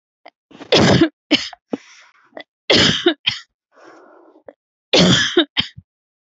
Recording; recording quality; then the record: heavy voluntary cough; excellent, no background noise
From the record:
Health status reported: respiratory illness, not identified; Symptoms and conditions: asthma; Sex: female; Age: 27 years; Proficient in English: yes